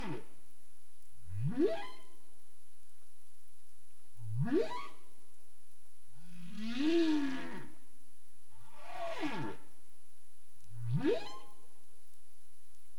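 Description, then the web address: Humpback whale calls: three rising whooplike upsweeps, the first two about three seconds apart and the third near the end, with one broader moaning unit and a falling cry in between. Recorded in the Caribbean on 27 April 2035 at 22:05 UTC. "CARIMAM. humpback whale 20350427 220531 UTC"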